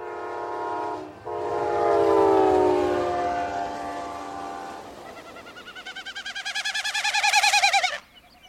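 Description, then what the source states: Wilson's snipe winnowing: a fast, pulsing, wavering tremolo that swells over about three seconds, preceded by a long, steady, horn-like tone resembling a train whistle. Male in spring display flight over marshy open country, circling high in roller-coaster arcs; beating wings force air through stiff outer tail feathers, making a tremolo; each burst Doppler-shifted like a passing train whistle.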